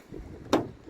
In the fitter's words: and then just give it a nice push forward until you hear it click. One,